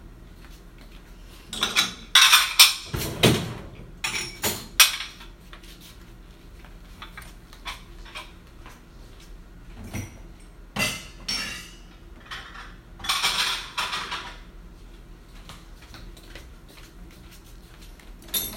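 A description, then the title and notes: Clean dishes are being taken out of a dishwasher and put away, with bursts of clinking and knocking as items are handled. The loudest clatter comes around two to five seconds and again near thirteen seconds, with quieter shuffling and low hum between. Taking out clean dishes from the dishwasher, and put them in place.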